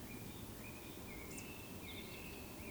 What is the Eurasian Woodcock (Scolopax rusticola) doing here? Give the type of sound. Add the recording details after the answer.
whistle. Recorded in Baden-Württemberg, Germany, on 28 May 2020 at 19:54 UTC. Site 31917, 145 m above sea level